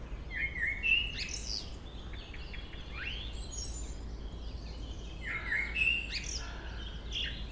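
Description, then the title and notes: Common blackbird song: two rich fluted phrases about five seconds apart, each closing with high chattering squeaks, over a low steady hum. Local blackbird singing along Chemin des cris, Chindrieux, France. "Chemin des cris, 73310 Chindrieux, France - Merle. Un beau chant de merle local"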